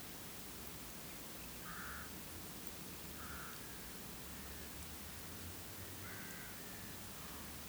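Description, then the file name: Rook cawing, three or four rough, grating calls at uneven intervals, with a constant low rumble and hiss underneath. "vetesi-varju-hangja -vetesi-varju-Corvus-frugilegus"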